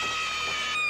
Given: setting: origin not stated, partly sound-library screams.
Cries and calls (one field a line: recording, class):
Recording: one-second piece from a danger detection set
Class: woman in danger